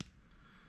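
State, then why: Seated. A ball bearing from an upgrade kit is pressed chamfer side out into the pivot bore of a metal pedal assembly. It pops into place with a single sharp, short click at 0.0 s, followed by a low, steady background hum. The bearing is seated.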